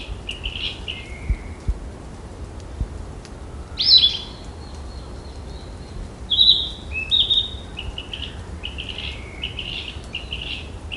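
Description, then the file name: Narcissus flycatcher song in scattered bursts: clear whistled notes and short warbled phrases separated by pauses, with a faint steady background hiss. "kibitaki"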